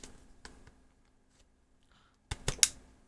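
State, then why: Seated. A detachable controller is held up close and slid onto the plastic rail of a Nintendo Switch handheld console until it latches. After a few faint ticks near the start and a quiet stretch, sharp snaps come at 2.3 s and 2.6 s, with the louder one at 2.6 s. The controller is seated.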